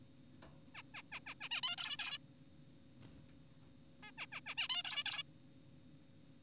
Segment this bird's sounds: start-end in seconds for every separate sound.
0.75-0.82, 0.94-1.02, 1.12-1.20, 1.27-1.34, 1.41-1.49, 1.51-1.61, 1.63-1.76, 1.78-1.97, 1.99-2.18, 4.03-4.12, 4.18-4.26, 4.32-4.40, 4.46-4.54, 4.58-4.68, 4.70-4.83, 4.85-5.04, 5.06-5.23